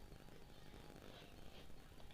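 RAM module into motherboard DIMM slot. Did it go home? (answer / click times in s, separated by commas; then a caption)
no / none. A RAM module is pushed into a motherboard DIMM slot, but it does not fit and no click is heard; the module may be reversed or not seated properly. The clip holds a steady low rumble with broadband noise, and only a faint hit comes right at the end. Nothing has seated or clicked yet.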